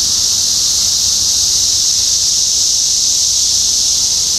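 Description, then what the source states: Cicadas singing together as an even, high sizzling drone that continues without pause. Cicadas in Topeka, Kansas, USA, on 14 June 2015.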